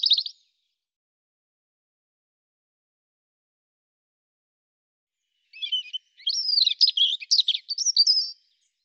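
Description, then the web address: European robin song: a brief high phrase, a pause of about five seconds, then a longer varied phrase of trills and warbled notes, with no other sounds. "cianscape birddata Deverinetal Bird Er Ru"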